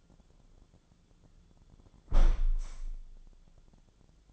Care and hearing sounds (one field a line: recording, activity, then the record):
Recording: daily activity, microphone in the room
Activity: close window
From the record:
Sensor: 5